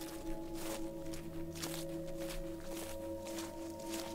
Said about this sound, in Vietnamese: Bên tai của nó loáng thoáng nghe có tiếng bước chân loạt xà loạt xoạt, cùng với tiếng hình như là người ta kéo cái gì đó lê trên nền đất vậy.